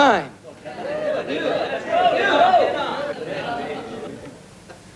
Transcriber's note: cheering